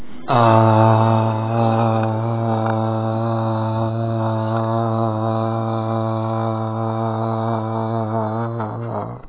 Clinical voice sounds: sustained vowel /a/; male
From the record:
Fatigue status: fatigue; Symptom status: symptomatic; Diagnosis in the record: COVID-19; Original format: 3gp

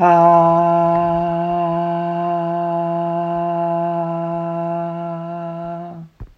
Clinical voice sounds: sustained vowel /a/; female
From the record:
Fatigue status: no fatigue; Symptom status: symptomatic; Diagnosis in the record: COVID-19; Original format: m4a

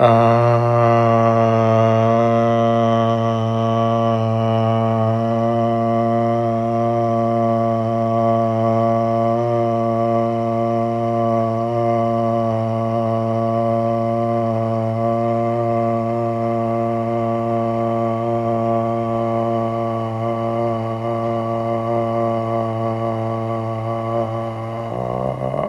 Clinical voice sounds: sustained vowel /a/; male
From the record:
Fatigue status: no fatigue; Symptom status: asymptomatic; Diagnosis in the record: COVID-19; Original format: m4a

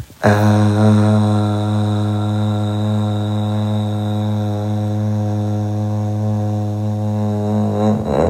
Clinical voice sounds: sustained vowel /a/; male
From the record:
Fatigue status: no fatigue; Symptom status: asymptomatic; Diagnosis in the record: COVID-19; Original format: m4a

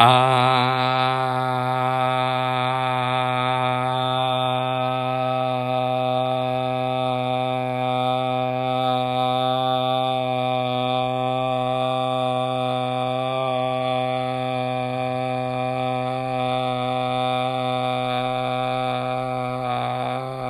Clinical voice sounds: sustained vowel /a/; male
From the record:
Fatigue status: no fatigue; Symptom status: symptomatic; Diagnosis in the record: COVID-19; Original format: m4a

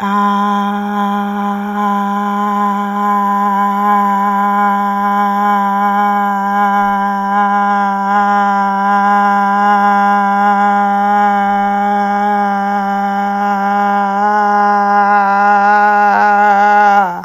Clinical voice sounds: sustained vowel /a/; female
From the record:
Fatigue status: no fatigue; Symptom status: symptomatic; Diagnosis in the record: COVID-19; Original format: m4a

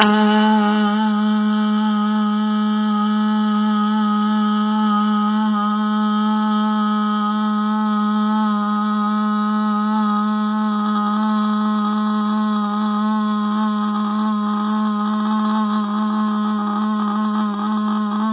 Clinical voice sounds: sustained vowel /a/; female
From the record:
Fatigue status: no fatigue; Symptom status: symptomatic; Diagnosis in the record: COVID-19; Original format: 3gp

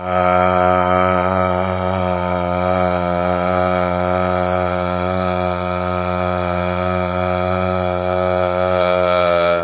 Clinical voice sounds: sustained vowel /a/; male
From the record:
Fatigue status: no fatigue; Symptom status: symptomatic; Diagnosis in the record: COVID-19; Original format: 3gp

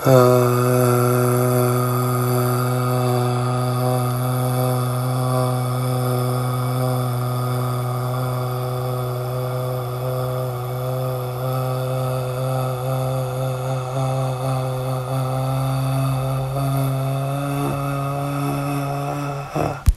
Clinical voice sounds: sustained vowel /a/; male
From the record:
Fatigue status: no fatigue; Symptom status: asymptomatic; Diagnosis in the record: COVID-19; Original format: m4a

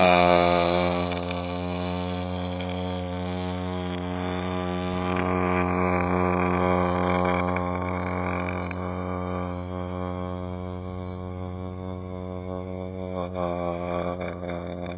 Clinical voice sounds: sustained vowel /a/; male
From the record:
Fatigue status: no fatigue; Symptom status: asymptomatic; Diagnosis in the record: COVID-19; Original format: 3gp

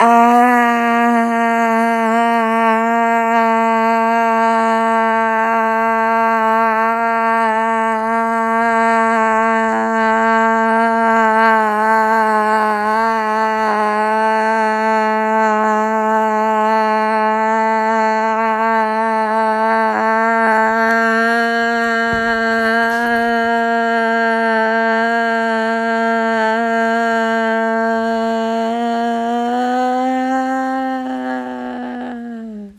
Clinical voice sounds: sustained vowel /a/; female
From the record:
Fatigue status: no fatigue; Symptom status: symptomatic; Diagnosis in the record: COVID-19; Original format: m4a

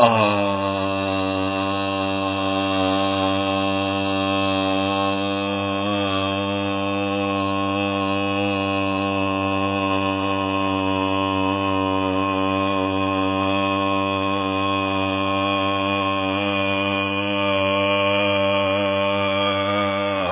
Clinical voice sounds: sustained vowel /a/; male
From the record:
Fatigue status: no fatigue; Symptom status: symptomatic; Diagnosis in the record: COVID-19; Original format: 3gp

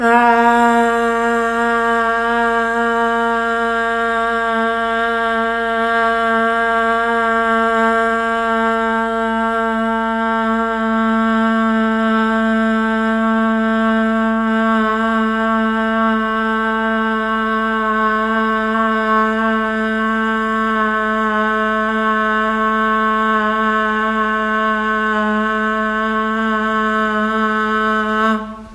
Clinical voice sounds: sustained vowel /a/; female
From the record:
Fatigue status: no fatigue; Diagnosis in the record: COVID-19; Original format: m4a

